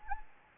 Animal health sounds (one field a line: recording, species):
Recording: mosquito wingbeat signal from an infrared sensor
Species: Anopheles gambiae